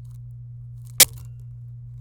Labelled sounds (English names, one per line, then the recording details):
Domestic Canary song
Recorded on 26 April 2018 at 15:16
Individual llb3